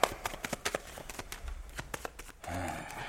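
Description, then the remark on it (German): Playing cards are shuffled before dealing in a card game, in a run of quick, crisp, irregular snaps and flicks lasting a couple of seconds, then a voice begins at the very end. “Du, es hat sich schon mal einer tot gemischt.”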